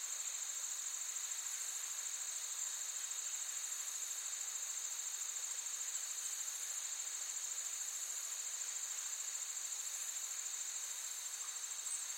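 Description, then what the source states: Insects in a dense, steady high-pitched chorus of continuous trilling and shimmering that keeps an even level throughout with no pauses. Forest ambience with active insects, looped.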